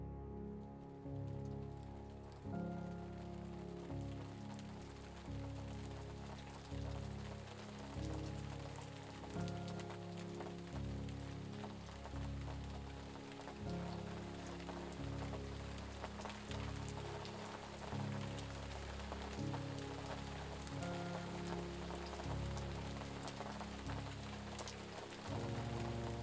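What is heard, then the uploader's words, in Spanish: Steady rain patters densely throughout, a fine crackling hiss with scattered brighter drops. Underneath runs a low, humming tone that steps between pitches about once a second, like a slow bass line. The level stays even from start to end. Meditación con SONIDO de LLUVIA. Sonido de la lluvia.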